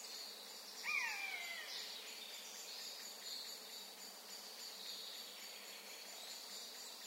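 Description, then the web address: Eurasian jay giving one drawn-out, falling mew near the start over a faint steady high background. "SETE data Garrulus glandarius"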